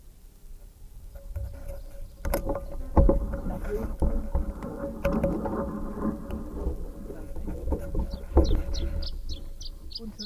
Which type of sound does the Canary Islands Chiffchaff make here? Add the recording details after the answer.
song. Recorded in the wild. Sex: male. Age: adult. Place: Puerto de la Cruz, Teneriffa, Teneriffa, Kanarische Inseln, ES. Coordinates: 28.4139, -16.5483. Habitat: park. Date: 1964-04-27 10:07. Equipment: Nagra III PH, LGS26. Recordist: Schneider, Hans-Joachim